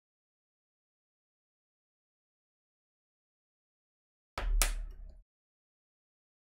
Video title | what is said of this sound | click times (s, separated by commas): LEGO Let's Chat - Star Wars UCS TIE Interceptor - Part 2 | these pieces always give a nice click | 4.4 s, 4.6 s